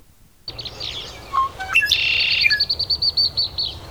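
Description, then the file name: Red-winged blackbird song: a few short whistled notes, then a harsh buzzy trill, followed by a run of rapid, evenly spaced high chips. "rwbb"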